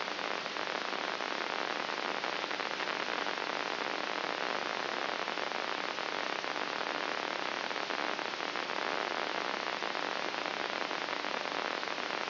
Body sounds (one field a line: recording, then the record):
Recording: brain microelectrode recording played as sound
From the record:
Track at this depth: inside the subthalamic nucleus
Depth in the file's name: 5.04 mm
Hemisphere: right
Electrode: 3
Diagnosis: Parkinson's disease